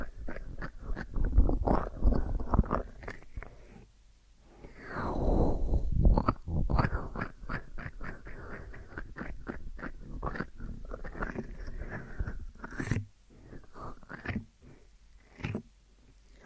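Ear massage sounds: dense, scratchy rubbing and crinkly brushing strokes come in quick, uneven bursts. A deeper, swelling rub around 4 to 6 seconds, then many short sharp clicks and taps follow, with brief quiet pauses near 13 and 15 seconds.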